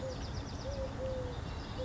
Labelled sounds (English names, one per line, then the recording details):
Eurasian Collared Dove
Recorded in Sonoma County, California